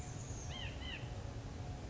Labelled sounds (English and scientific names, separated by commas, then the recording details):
White-breasted Nuthatch (Sitta carolinensis)
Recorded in Sonoma County, California